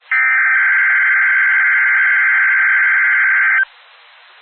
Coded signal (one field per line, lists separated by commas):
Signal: Emergency Alert System (SAME) tones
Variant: header bursts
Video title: REQUIRED WEEKLY TEST (EAS ALERT 180)